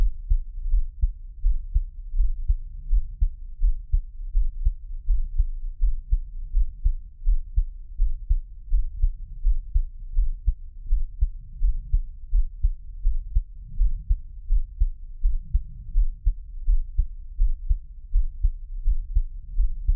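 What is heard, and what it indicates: Steady, regular low heartbeat thumps at about 83 beats a minute, heard close up: an adult's own heartbeat offered as Taiwanese ASMR, with no talking.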